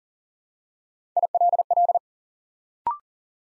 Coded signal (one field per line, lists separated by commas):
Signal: Morse code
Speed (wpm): 42 wpm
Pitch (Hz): 700 Hz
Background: none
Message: ILL